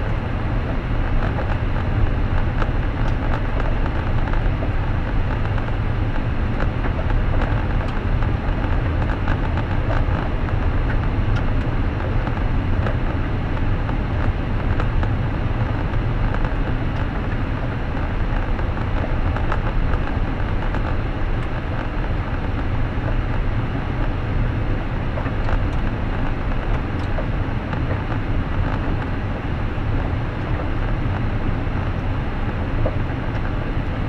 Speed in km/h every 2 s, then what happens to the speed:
59, 59, 58, 58, 60, 61, 62, 62, 61, 58, 57, 56, 59, 60, 61, 63, 64.
0-22 steady at about 59. 22-34 speeds up to 64.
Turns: none.